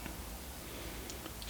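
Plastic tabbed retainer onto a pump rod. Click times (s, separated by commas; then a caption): 1.1 s, 1.4 s. A plastic retainer with its tabs facing up is slid onto a pump rod over a steady low background hum, and short bright clicks at 1.1 s and 1.4 s mark it snapping into place. It seats with a little slop left, which the pump needs in order to work.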